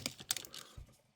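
A folded plastic section of a Transformers Generations Titans Return Triggerhappy and Blowpipe action figure is pressed during transformation so its pegs lock into the little slots on the figure body. Light plastic clicks and handling lead to a sharp, loud plastic click at 0.3 s, followed by a few softer clicks and a dull low thump near 0.8 s. The panel is seated and locked onto the pegs.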